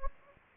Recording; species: mosquito wingbeat signal from an infrared sensor; Anopheles gambiae